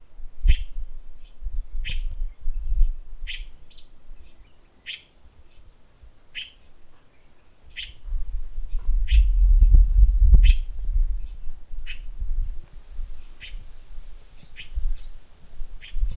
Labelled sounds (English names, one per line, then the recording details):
White-billed Buffalo-weaver
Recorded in northern Uganda